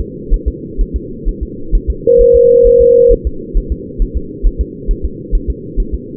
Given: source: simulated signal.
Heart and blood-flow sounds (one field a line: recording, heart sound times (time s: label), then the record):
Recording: fetal heart sounds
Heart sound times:
0.00 s: S2
0.34 s: S1
0.48 s: S2
0.81 s: S1
0.96 s: S2
1.28 s: S1
1.43 s: S2
1.75 s: S1
1.90 s: S2
2.21 s: S1
2.36 s: S2
2.67 s: S1
2.82 s: S2
3.12 s: S1
3.27 s: S2
3.57 s: S1
3.72 s: S2
4.02 s: S1
4.17 s: S2
4.47 s: S1
4.61 s: S2
4.91 s: S1
5.05 s: S2
5.35 s: S1
5.50 s: S2
5.80 s: S1
5.94 s: S2
From the record:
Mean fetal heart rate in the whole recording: 130 bpm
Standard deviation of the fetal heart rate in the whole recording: 4 bpm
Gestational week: 38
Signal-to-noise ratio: -4.3 dB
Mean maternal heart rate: 72 bpm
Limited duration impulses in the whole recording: present